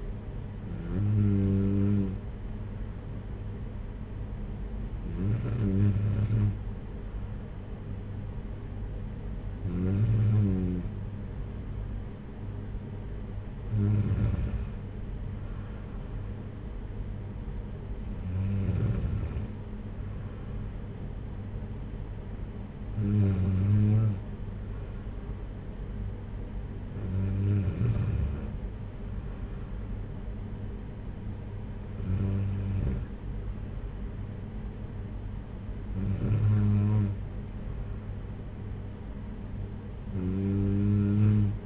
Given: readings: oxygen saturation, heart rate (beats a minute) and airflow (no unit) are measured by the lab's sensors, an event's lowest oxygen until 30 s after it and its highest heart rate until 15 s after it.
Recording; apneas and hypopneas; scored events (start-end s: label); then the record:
breathing in sleep by a smartphone at the bedside; none
none scored
From the record:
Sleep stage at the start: N2 (light sleep); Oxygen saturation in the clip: 94%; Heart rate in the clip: 55 to 61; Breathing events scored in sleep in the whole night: 226 in 8.8 hours asleep